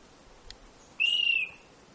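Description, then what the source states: Rufous antpitta giving a single high, pure whistle of about half a second that holds steady, followed by quiet. Endemic subspecies G. rufula saltuensis, from the Serranía de Perijá (Serranía de los Motilones).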